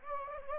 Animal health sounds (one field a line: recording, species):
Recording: mosquito wingbeat signal from an infrared sensor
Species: Anopheles gambiae